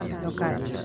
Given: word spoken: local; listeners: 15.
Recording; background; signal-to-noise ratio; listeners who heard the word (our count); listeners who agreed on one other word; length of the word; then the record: one Spanish word in noise, from a listening test; eight-talker babble; -0.3 dB; 0 of 15; 15 of 15; 0.46 s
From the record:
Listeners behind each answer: 15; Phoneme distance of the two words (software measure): 20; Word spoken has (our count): 2 syllables, 5 phonemes, stress on syllable 2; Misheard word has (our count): 2 syllables, 5 phonemes, stress on syllable 2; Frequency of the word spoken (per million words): 108.85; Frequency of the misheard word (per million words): 31.30